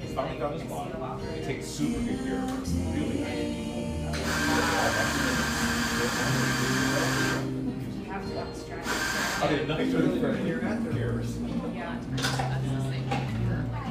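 Café chatter runs steadily under clinking dishes, while a loud hiss or grinding roar bursts in from about four to seven and again near nine seconds.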